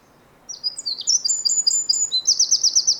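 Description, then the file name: Eurasian wren bursting into song after a short silence, with high piercing notes running into quick trills and then a fast rattle. "Troglodytes troglodytes"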